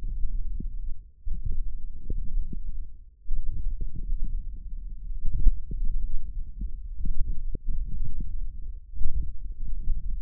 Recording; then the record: forearm muscle sounds (acoustic myography)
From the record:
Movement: hand closing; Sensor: system 1, eight BSWA MPA416 microphones around the upper forearm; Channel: 5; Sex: female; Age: 21 years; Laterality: right